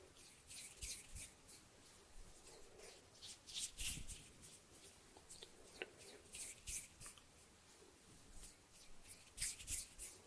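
Hand sounds and finger fluttering around a microphone: a busy run of soft rubbing, tapping and brushing noises, irregular and fairly dense throughout. Brighter, sharper flicks stand out near 4, 6.7 and 9.5 seconds, over a low rumble of handling.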